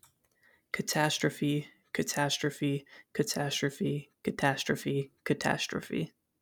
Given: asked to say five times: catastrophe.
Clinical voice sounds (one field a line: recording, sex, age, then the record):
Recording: repeated word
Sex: male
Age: 20 to 29 years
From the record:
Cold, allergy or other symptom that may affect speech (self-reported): no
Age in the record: 23 years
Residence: Kentucky, United States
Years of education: 12